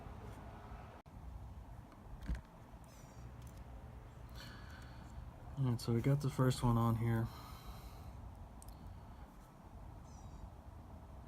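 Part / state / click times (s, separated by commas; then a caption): gimbal ribbon cable connector into drone gimbal board socket / seated / 8.6 s, 8.7 s. During a Mavic Pro Platinum drone gimbal repair, the first gimbal ribbon cable connector is pressed onto its board socket while someone talks. Two small sharp clicks at 8.6 and 8.7 seconds mark the connector snapping into place, fully seated.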